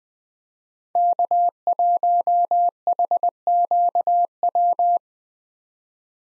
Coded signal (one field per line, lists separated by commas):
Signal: Morse code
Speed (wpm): 20 wpm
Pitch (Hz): 700 Hz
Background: none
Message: K1HQW